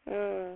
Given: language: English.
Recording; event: throat vibration sensor signal played as sound; speech